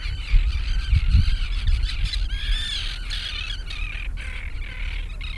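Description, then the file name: A gull flock cries in a harsh, chattering mass of overlapping squawks and yelps, with a low rumble and a few thumps beneath. Gulls near the sea. "Seagulls Near Sea"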